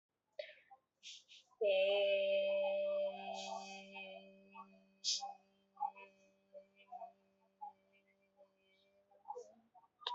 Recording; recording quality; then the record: sustained vowel as in made; moderate, slight background noise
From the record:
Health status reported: healthy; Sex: female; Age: 25 years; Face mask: not worn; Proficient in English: yes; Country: India